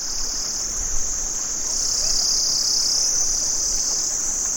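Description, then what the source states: High, continuous cicada drone, climbing slightly in pitch. Cicadas recorded in Vietnam.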